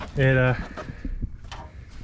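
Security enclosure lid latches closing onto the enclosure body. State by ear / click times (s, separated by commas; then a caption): seated / 1.5 s. Someone talks as the lid of a metal security enclosure behind the rear seats of a 2021+ Ford Bronco is closed. The latch levers snap down onto the metal surface at 1.5 s with a sharp, not-pretty metallic snap, and the lid closes.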